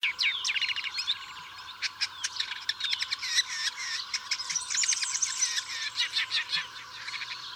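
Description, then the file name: Woodchat shrike song, a lively, varied stream of crackling chatters and twittered phrases delivered almost without break, against a low steady hiss. "woodchat shrike omkicau"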